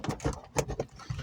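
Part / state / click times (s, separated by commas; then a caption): rear view mirror onto windscreen mounting button / seated / 0.6 s. On a Vauxhall Corsa D with a newly fitted windscreen, the rear view mirror is pushed back up onto its mounting button on the glass among several short knocks and taps. Its plastic and metal clip clicks home at 0.6 s, and the mirror is seated.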